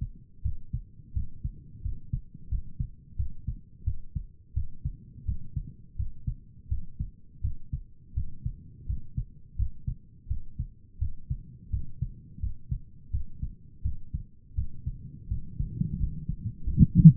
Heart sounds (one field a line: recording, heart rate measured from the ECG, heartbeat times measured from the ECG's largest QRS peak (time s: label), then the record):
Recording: heart sounds by stethoscope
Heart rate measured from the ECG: 86 bpm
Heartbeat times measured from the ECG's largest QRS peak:
0.43 s: heartbeat
1.14 s: heartbeat
1.83 s: heartbeat
2.50 s: heartbeat
3.17 s: heartbeat
3.85 s: heartbeat
4.55 s: heartbeat
5.26 s: heartbeat
5.97 s: heartbeat
6.69 s: heartbeat
7.42 s: heartbeat
8.15 s: heartbeat
8.87 s: heartbeat
9.57 s: heartbeat
10.29 s: heartbeat
11.00 s: heartbeat
11.71 s: heartbeat
12.41 s: heartbeat
13.12 s: heartbeat
13.83 s: heartbeat
14.56 s: heartbeat
15.29 s: heartbeat
15.99 s: heartbeat
16.65 s: heartbeat
17.15 s: heartbeat
From the record:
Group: healthy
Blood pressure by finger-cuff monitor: 98/58 mmHg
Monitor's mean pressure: 69 mmHg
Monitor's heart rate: 84 bpm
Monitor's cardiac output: 7.6 L/min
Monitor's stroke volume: 90 mL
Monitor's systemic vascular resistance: 640 dyn s/cm5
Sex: male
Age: 19 years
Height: 178 cm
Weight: 83 kg